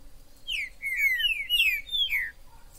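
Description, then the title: Green-winged saltator song: a string of loud, clear whistled notes, mostly slurring downward, delivered in a quick phrase of about two seconds. Trinca-ferro in the forest, chirping, singing and acting male in a song dispute, described as a 'major' singer; meant to stir up a pet saltator. "Esse VÍDEO de TRINCA FERRO no MATO vai DEIXAR seu TRINCA LOUCO!! Trinca ferro MAJOR no MATO!!"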